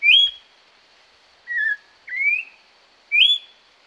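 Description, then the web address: Orange-backed troupial song: four clear whistled notes, some rising and some level, with no other sounds. Pantanal. "sescpantanal multimidia joao-pinto"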